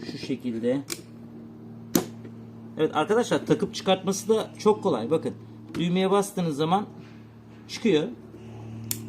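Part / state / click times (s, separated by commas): interchangeable attachment head into cordless drill body / not seated / none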